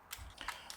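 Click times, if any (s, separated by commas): 0.1 s, 0.4 s, 0.7 s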